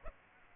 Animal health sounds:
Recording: mosquito wingbeat signal from an infrared sensor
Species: Aedes aegypti

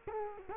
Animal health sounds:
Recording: mosquito wingbeat signal from an infrared sensor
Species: Culex quinquefasciatus

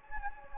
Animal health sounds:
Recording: mosquito wingbeat signal from an infrared sensor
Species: Anopheles gambiae

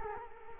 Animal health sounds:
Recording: mosquito wingbeat signal from an infrared sensor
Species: Culex quinquefasciatus

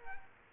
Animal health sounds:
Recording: mosquito wingbeat signal from an infrared sensor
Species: Culex quinquefasciatus

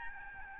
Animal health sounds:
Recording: mosquito wingbeat signal from an infrared sensor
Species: Aedes albopictus

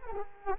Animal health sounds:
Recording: mosquito wingbeat signal from an infrared sensor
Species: Culex quinquefasciatus

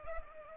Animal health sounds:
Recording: mosquito wingbeat signal from an infrared sensor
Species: Culex pipiens

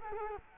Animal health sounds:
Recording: mosquito wingbeat signal from an infrared sensor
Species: Culex quinquefasciatus

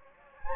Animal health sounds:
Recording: mosquito wingbeat signal from an infrared sensor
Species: Anopheles gambiae

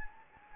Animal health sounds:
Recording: mosquito wingbeat signal from an infrared sensor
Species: Anopheles gambiae

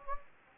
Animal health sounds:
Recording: mosquito wingbeat signal from an infrared sensor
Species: Anopheles gambiae

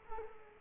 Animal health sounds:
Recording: mosquito wingbeat signal from an infrared sensor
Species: Culex quinquefasciatus

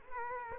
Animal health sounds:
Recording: mosquito wingbeat signal from an infrared sensor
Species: Culex quinquefasciatus

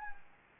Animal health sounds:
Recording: mosquito wingbeat signal from an infrared sensor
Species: Anopheles gambiae

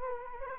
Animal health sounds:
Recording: mosquito wingbeat signal from an infrared sensor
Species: Culex quinquefasciatus

